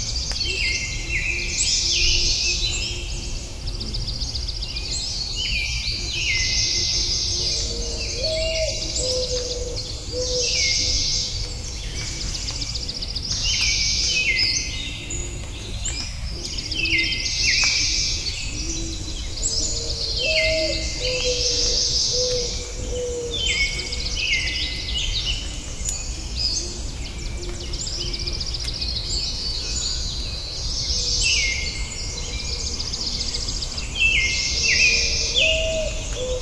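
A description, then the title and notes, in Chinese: Dawn birdsong fills the air with dense, overlapping bright chirps and trills throughout, over a steady low rumble, with occasional lower calls. 黎明的鸟叫_美国加利福尼亚。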